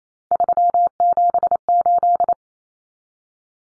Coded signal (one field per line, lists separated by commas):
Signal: Morse code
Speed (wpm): 28 wpm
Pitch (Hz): 700 Hz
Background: none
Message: 378